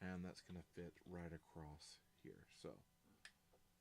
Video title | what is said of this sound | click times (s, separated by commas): Building Block Live Show! Lumibricks L9082 Sunset Stopover | snap that on. A little bit of a gap there, but that's okay. I think that'll work. | 3.2 s